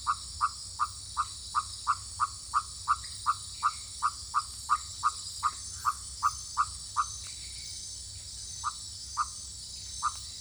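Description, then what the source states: Leptodactylus frog giving a fast series of short, clipped croaks, roughly three per second, pausing briefly near the end; a steady high hum runs throughout. Recorded in French Guiana.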